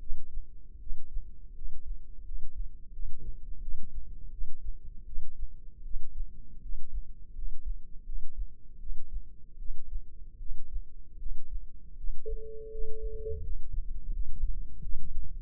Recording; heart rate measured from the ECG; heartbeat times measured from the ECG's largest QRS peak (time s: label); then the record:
heart sounds by microphone in the left ear; 81 bpm
0.78 s: heartbeat
1.53 s: heartbeat
2.23 s: heartbeat
2.91 s: heartbeat
3.60 s: heartbeat
4.30 s: heartbeat
5.04 s: heartbeat
5.82 s: heartbeat
6.60 s: heartbeat
7.33 s: heartbeat
8.04 s: heartbeat
8.78 s: heartbeat
9.57 s: heartbeat
10.38 s: heartbeat
11.17 s: heartbeat
11.95 s: heartbeat
12.69 s: heartbeat
13.41 s: heartbeat
14.11 s: heartbeat
14.81 s: heartbeat
From the record:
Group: healthy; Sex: female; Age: 19 years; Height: 163 cm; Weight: 51 kg